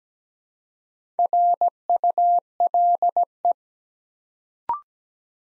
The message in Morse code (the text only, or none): RULE